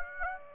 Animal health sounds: mosquito wingbeat signal from an infrared sensor; Aedes aegypti

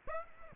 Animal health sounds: mosquito wingbeat signal from an infrared sensor; Aedes aegypti

